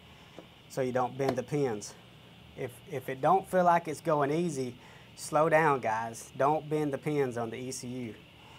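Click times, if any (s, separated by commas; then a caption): none. A wiring harness plug is being pushed onto the ECU of a CFMOTO IBEX 800 motorcycle and cammed over with its lock lever while someone talks over low background hum. The plug has not seated or clicked into place yet.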